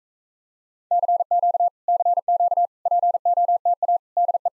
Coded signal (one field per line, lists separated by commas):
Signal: Morse code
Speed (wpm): 37 wpm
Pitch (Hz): 700 Hz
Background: none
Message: CQ CQ POTA DE